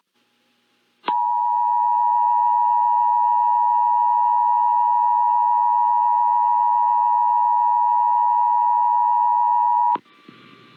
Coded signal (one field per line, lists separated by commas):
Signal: Emergency Alert System (SAME) tones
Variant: 853 and 960 Hz attention tone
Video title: EAS Required Monthly Test Massachusetts/Illinois Statewide Tests Chicago/Boston +WeatherSTAR4000